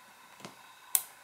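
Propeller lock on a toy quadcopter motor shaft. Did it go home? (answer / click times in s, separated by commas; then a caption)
yes / 1.0 s. A plastic propeller retaining lock on the motor shaft of a Kaideng K70C Sky Warrior toy quadcopter is rotated through 90 degrees. A faint tick at 0.5 s is followed by a sharp, loud click at 1.0 s. The lock is now seated in position and the propeller can no longer rotate.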